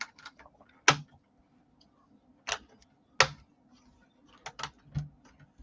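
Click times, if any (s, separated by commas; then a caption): none. A plastic building brick is pressed onto a King 6405 UCS Hogwarts Express model, producing a series of sharp plastic taps and clacks, with the loudest near 0.9 s and 3.2 s and smaller ones around 2.5 s, 4.5 s and 5.0 s. The brick has not clicked in: it is misaligned and not in the right place.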